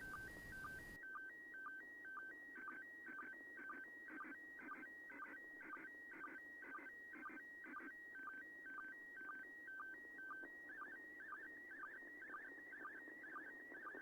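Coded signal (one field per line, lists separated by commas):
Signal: SSTV (slow-scan television)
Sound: warbling two-pitch tone with short low chirps about twice a second, over hiss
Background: radio static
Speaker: 1344 UTC there were 944 in every local time the signal it triggers the RX s STD application well into the second pass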